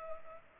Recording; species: mosquito wingbeat signal from an infrared sensor; Culex pipiens